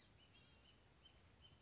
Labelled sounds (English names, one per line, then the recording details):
Blue-gray Gnatcatcher
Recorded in Sonoma County, California